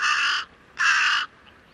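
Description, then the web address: Bird making two hoarse, grating caws back to back. "cianscape. Deverinetal 2025. Bird Only"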